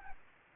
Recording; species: mosquito wingbeat signal from an infrared sensor; Aedes aegypti